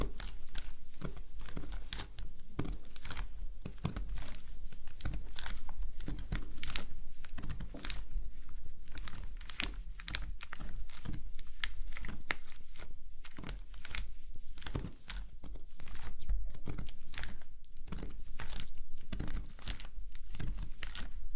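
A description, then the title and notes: Slime being squished and handled gives a dense run of wet crackles, pops and crinkly snaps with no pauses. The clicks come quickly and irregularly across the whole clip, bright and sharp over a steady low rumble, with the loudness staying fairly even throughout. ASMR SLIME SATISFYING - NO TALKING.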